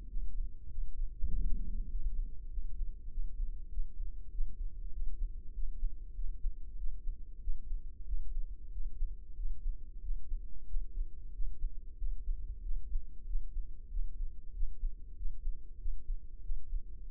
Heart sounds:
heart sounds by microphone in the left ear; 95 bpm
0.10 s: heartbeat
0.71 s: heartbeat
1.32 s: heartbeat
1.92 s: heartbeat
2.52 s: heartbeat
3.12 s: heartbeat
3.73 s: heartbeat
4.34 s: heartbeat
4.95 s: heartbeat
5.56 s: heartbeat
6.17 s: heartbeat
6.79 s: heartbeat
7.43 s: heartbeat
8.08 s: heartbeat
8.74 s: heartbeat
9.39 s: heartbeat
10.04 s: heartbeat
10.70 s: heartbeat
11.35 s: heartbeat
12.00 s: heartbeat
12.64 s: heartbeat
13.29 s: heartbeat
13.92 s: heartbeat
14.56 s: heartbeat
15.18 s: heartbeat
15.81 s: heartbeat
16.45 s: heartbeat
17.09 s: heartbeat
From the record:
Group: healthy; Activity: rest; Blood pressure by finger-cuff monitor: 138/74 mmHg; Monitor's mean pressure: 93 mmHg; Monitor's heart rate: 96 bpm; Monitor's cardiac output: 7.9 L/min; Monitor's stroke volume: 83 mL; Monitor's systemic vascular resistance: 860 dyn s/cm5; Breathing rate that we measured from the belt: 18 breaths a minute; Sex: male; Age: 21 years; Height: 175 cm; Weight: 72.6 kg

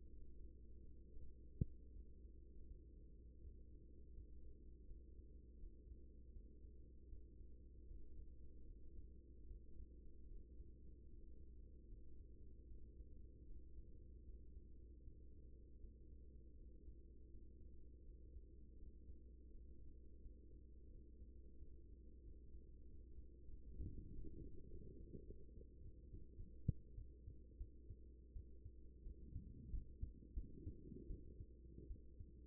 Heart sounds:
heart sounds by stethoscope; 84 bpm
0.38 s: heartbeat
1.16 s: heartbeat
1.92 s: heartbeat
2.66 s: heartbeat
3.40 s: heartbeat
4.14 s: heartbeat
4.86 s: heartbeat
5.59 s: heartbeat
6.32 s: heartbeat
7.08 s: heartbeat
7.87 s: heartbeat
8.66 s: heartbeat
9.47 s: heartbeat
10.27 s: heartbeat
11.08 s: heartbeat
11.88 s: heartbeat
12.67 s: heartbeat
13.46 s: heartbeat
14.24 s: heartbeat
15.03 s: heartbeat
15.80 s: heartbeat
16.56 s: heartbeat
17.30 s: heartbeat
18.04 s: heartbeat
18.78 s: heartbeat
19.50 s: heartbeat
20.21 s: heartbeat
20.90 s: heartbeat
21.58 s: heartbeat
22.23 s: heartbeat
22.87 s: heartbeat
23.49 s: heartbeat
24.11 s: heartbeat
24.69 s: heartbeat
25.26 s: heartbeat
25.81 s: heartbeat
26.36 s: heartbeat
26.95 s: heartbeat
27.57 s: heartbeat
28.33 s: heartbeat
29.03 s: heartbeat
29.70 s: heartbeat
30.34 s: heartbeat
31.07 s: heartbeat
31.87 s: heartbeat
From the record:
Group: healthy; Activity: Valsalva maneuver 0-25 s, rest 25-32 s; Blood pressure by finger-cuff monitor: 119/79 mmHg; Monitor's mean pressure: 93 mmHg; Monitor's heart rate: 81 bpm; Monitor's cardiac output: 5.9 L/min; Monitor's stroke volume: 72 mL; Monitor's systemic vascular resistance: 1150 dyn s/cm5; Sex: female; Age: 24 years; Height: 163 cm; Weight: 55.7 kg

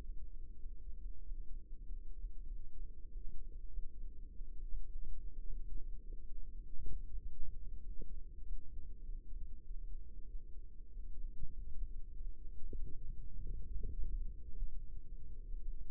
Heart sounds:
heart sounds by microphone in the right ear; 100 bpm
0.57 s: heartbeat
1.21 s: heartbeat
1.82 s: heartbeat
2.45 s: heartbeat
3.08 s: heartbeat
3.68 s: heartbeat
4.27 s: heartbeat
4.85 s: heartbeat
5.45 s: heartbeat
6.03 s: heartbeat
6.61 s: heartbeat
7.20 s: heartbeat
7.81 s: heartbeat
8.42 s: heartbeat
9.00 s: heartbeat
9.62 s: heartbeat
10.27 s: heartbeat
10.88 s: heartbeat
11.50 s: heartbeat
12.13 s: heartbeat
12.73 s: heartbeat
13.32 s: heartbeat
13.90 s: heartbeat
14.47 s: heartbeat
15.03 s: heartbeat
15.59 s: heartbeat
From the record:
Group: healthy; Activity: rest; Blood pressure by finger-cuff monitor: 109/68 mmHg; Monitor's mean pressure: 80 mmHg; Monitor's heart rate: 98 bpm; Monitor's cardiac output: 6.8 L/min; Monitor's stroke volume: 70 mL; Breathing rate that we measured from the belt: 25 breaths a minute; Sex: male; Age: 22 years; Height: 181 cm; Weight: 60 kg

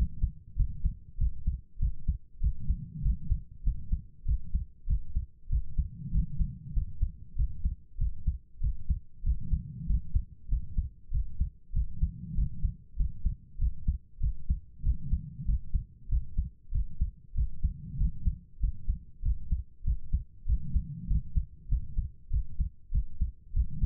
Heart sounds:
heart sounds by stethoscope; 97 bpm
0.55 s: heartbeat
1.17 s: heartbeat
1.78 s: heartbeat
2.39 s: heartbeat
3.01 s: heartbeat
3.62 s: heartbeat
4.24 s: heartbeat
4.85 s: heartbeat
5.48 s: heartbeat
6.10 s: heartbeat
6.72 s: heartbeat
7.34 s: heartbeat
7.97 s: heartbeat
8.59 s: heartbeat
9.22 s: heartbeat
9.85 s: heartbeat
10.47 s: heartbeat
11.10 s: heartbeat
11.71 s: heartbeat
12.33 s: heartbeat
12.95 s: heartbeat
13.57 s: heartbeat
14.19 s: heartbeat
14.82 s: heartbeat
15.44 s: heartbeat
16.08 s: heartbeat
16.70 s: heartbeat
17.33 s: heartbeat
17.96 s: heartbeat
18.59 s: heartbeat
19.21 s: heartbeat
19.83 s: heartbeat
20.45 s: heartbeat
21.06 s: heartbeat
21.67 s: heartbeat
22.29 s: heartbeat
22.90 s: heartbeat
23.52 s: heartbeat
From the record:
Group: healthy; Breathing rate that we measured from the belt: 20 breaths a minute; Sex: female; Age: 32 years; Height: 172 cm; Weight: 71.7 kg

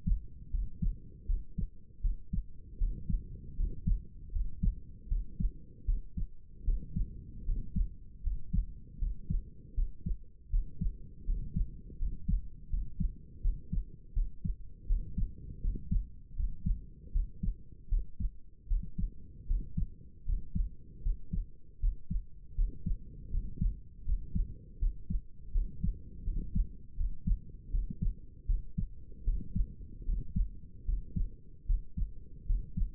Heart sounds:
heart sounds by stethoscope; 79 bpm
0.50 s: heartbeat
1.26 s: heartbeat
2.01 s: heartbeat
2.77 s: heartbeat
3.56 s: heartbeat
4.31 s: heartbeat
5.07 s: heartbeat
5.85 s: heartbeat
6.64 s: heartbeat
7.44 s: heartbeat
8.22 s: heartbeat
8.98 s: heartbeat
9.74 s: heartbeat
10.49 s: heartbeat
11.25 s: heartbeat
11.98 s: heartbeat
12.69 s: heartbeat
13.41 s: heartbeat
14.13 s: heartbeat
14.86 s: heartbeat
15.61 s: heartbeat
16.35 s: heartbeat
17.11 s: heartbeat
17.88 s: heartbeat
18.67 s: heartbeat
19.46 s: heartbeat
20.24 s: heartbeat
21.01 s: heartbeat
21.79 s: heartbeat
22.55 s: heartbeat
23.30 s: heartbeat
24.04 s: heartbeat
24.78 s: heartbeat
25.51 s: heartbeat
26.24 s: heartbeat
26.96 s: heartbeat
27.70 s: heartbeat
28.46 s: heartbeat
29.24 s: heartbeat
30.05 s: heartbeat
30.85 s: heartbeat
31.65 s: heartbeat
32.46 s: heartbeat
From the record:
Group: healthy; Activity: rest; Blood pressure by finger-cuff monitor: 113/74 mmHg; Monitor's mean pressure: 83 mmHg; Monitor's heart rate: 79 bpm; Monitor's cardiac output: 6.5 L/min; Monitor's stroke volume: 81 mL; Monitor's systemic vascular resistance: 930 dyn s/cm5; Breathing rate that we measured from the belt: 16 breaths a minute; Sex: male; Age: 35 years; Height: 180 cm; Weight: 86.9 kg

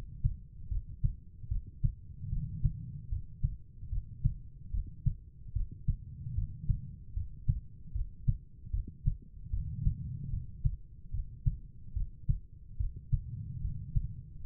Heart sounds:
heart sounds by stethoscope; 74 bpm
0.68 s: heartbeat
1.48 s: heartbeat
2.29 s: heartbeat
3.09 s: heartbeat
3.89 s: heartbeat
4.71 s: heartbeat
5.53 s: heartbeat
6.34 s: heartbeat
7.13 s: heartbeat
7.92 s: heartbeat
8.70 s: heartbeat
9.50 s: heartbeat
10.30 s: heartbeat
11.11 s: heartbeat
11.93 s: heartbeat
12.77 s: heartbeat
13.61 s: heartbeat
14.42 s: heartbeat
From the record:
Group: healthy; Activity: rest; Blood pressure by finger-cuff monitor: 105/71 mmHg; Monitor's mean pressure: 85 mmHg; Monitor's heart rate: 75 bpm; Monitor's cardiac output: 5.5 L/min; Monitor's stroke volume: 74 mL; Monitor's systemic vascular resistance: 1140 dyn s/cm5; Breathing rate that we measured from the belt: 16 breaths a minute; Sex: female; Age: 43 years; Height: 160 cm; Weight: 90 kg

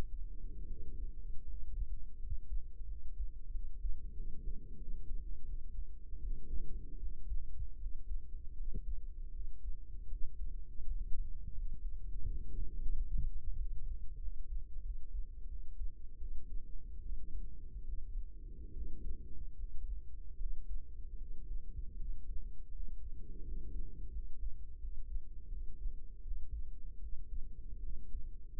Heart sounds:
heart sounds by microphone in the right ear; 82 bpm
0.65 s: heartbeat
1.44 s: heartbeat
2.18 s: heartbeat
2.86 s: heartbeat
3.50 s: heartbeat
4.13 s: heartbeat
4.76 s: heartbeat
5.44 s: heartbeat
6.19 s: heartbeat
6.98 s: heartbeat
7.77 s: heartbeat
8.53 s: heartbeat
9.30 s: heartbeat
10.06 s: heartbeat
10.81 s: heartbeat
11.53 s: heartbeat
12.25 s: heartbeat
12.92 s: heartbeat
13.56 s: heartbeat
14.19 s: heartbeat
14.81 s: heartbeat
15.47 s: heartbeat
16.17 s: heartbeat
17.00 s: heartbeat
17.83 s: heartbeat
18.72 s: heartbeat
19.55 s: heartbeat
20.36 s: heartbeat
21.16 s: heartbeat
21.95 s: heartbeat
22.70 s: heartbeat
23.42 s: heartbeat
24.10 s: heartbeat
24.78 s: heartbeat
25.48 s: heartbeat
26.21 s: heartbeat
26.98 s: heartbeat
27.79 s: heartbeat
From the record:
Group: healthy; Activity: cold pressor test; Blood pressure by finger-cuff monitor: 121/88 mmHg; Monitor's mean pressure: 101 mmHg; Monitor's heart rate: 79 bpm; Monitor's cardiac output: 5.7 L/min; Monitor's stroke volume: 73 mL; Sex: male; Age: 35 years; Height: 178 cm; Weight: 64 kg

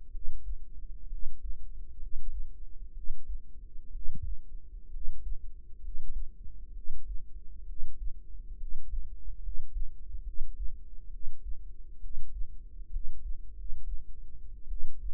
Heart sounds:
heart sounds by microphone in the right ear; 66 bpm
0.09 s: heartbeat
1.06 s: heartbeat
1.96 s: heartbeat
2.91 s: heartbeat
3.89 s: heartbeat
4.88 s: heartbeat
5.78 s: heartbeat
6.71 s: heartbeat
7.63 s: heartbeat
8.55 s: heartbeat
9.38 s: heartbeat
10.21 s: heartbeat
11.08 s: heartbeat
11.98 s: heartbeat
12.88 s: heartbeat
13.52 s: heartbeat
14.66 s: heartbeat
From the record:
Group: healthy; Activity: rest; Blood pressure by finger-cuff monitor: 108/70 mmHg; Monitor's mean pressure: 82 mmHg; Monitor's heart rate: 65 bpm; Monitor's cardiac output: 5.2 L/min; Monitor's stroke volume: 82 mL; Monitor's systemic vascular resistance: 1130 dyn s/cm5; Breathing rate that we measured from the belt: 16 breaths a minute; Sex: female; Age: 22 years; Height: 171 cm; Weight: 65.6 kg

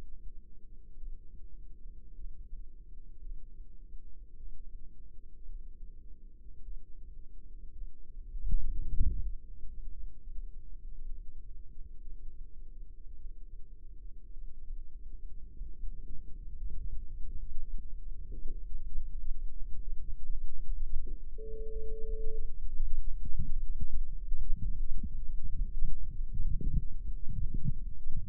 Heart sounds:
heart sounds by microphone in the left ear; 57 bpm
0.97 s: heartbeat
2.16 s: heartbeat
3.21 s: heartbeat
4.37 s: heartbeat
5.45 s: heartbeat
6.62 s: heartbeat
7.73 s: heartbeat
8.79 s: heartbeat
9.91 s: heartbeat
10.83 s: heartbeat
12.01 s: heartbeat
13.16 s: heartbeat
14.33 s: heartbeat
15.49 s: heartbeat
16.56 s: heartbeat
17.66 s: heartbeat
18.68 s: heartbeat
19.80 s: heartbeat
20.71 s: heartbeat
21.80 s: heartbeat
22.69 s: heartbeat
23.72 s: heartbeat
24.59 s: heartbeat
25.50 s: heartbeat
26.42 s: heartbeat
27.19 s: heartbeat
28.10 s: heartbeat
From the record:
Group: healthy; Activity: rest 0-21 s, light exercise 21-28 s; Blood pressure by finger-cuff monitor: 107/64 mmHg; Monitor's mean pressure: 79 mmHg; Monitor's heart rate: 56 bpm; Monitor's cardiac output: 5.1 L/min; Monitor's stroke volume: 92 mL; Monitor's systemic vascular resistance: 1120 dyn s/cm5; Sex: female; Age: 28 years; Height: 170 cm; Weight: 77 kg

